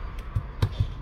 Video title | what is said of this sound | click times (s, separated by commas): Samsung a13 4g a137 charging board replacement and disassembly microphone not working original part | Clicks in place | 0.6 s